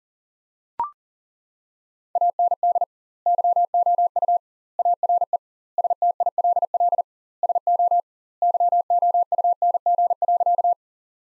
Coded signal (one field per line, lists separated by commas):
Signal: Morse code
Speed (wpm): 37 wpm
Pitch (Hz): 700 Hz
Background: none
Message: AND YOU ARE STILL SO YOUNG.